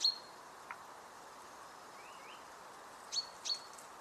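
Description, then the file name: Common chaffinch giving short, sharp, high call notes, one at the start and two more near the end, against steady background hiss. "Fringilla coelebs"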